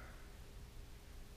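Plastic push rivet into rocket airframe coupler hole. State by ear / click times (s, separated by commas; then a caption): not seated / none. A two-piece plastic push rivet is handled at a hole joining rocket airframe sections, its base set in the airframe coupler hole and its top about to be pressed in until it snaps. Only steady, faint broadband noise with soft rustling is heard, with no distinct click. Nothing has seated or clicked yet.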